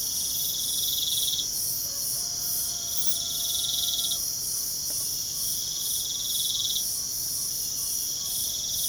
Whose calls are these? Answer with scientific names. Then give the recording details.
Glaucidium brasilianum. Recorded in pastures near Puerto Asís, Putumayo, Colombia, on 29 June 2025 at 05:00. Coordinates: 0.497, -76.327. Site G040